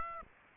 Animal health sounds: mosquito wingbeat signal from an infrared sensor; Aedes aegypti

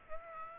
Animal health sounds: mosquito wingbeat signal from an infrared sensor; Aedes aegypti

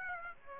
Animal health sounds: mosquito wingbeat signal from an infrared sensor; Aedes aegypti

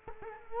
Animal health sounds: mosquito wingbeat signal from an infrared sensor; Culex quinquefasciatus

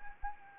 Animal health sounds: mosquito wingbeat signal from an infrared sensor; Anopheles arabiensis

